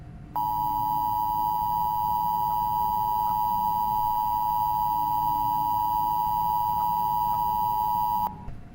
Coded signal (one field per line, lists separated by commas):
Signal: Emergency Alert System (SAME) tones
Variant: 853 and 960 Hz attention tone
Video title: The Divided States of America: An EAS Scenario